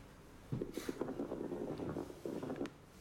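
Lung sounds by stethoscope with coarse crackles, a possible finding on auscultation in chronic obstructive pulmonary disease (COPD).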